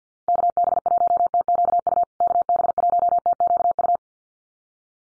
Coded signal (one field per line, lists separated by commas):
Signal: Morse code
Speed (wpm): 50 wpm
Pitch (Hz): 700 Hz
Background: none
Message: KB1TQU KB1TQU